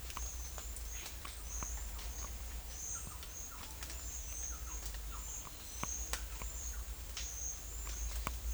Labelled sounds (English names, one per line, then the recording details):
none
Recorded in secondary vegetation near Puerto Asís, Putumayo, Colombia, on 21 December 2024 at 11:30
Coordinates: 0.488, -76.319
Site GP04